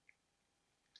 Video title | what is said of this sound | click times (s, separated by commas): HELLER FOUGA MAGISTER - What you get and how to build it! | connect snap into place quite strongly actually nice nice connection | 0.1 s, 1.0 s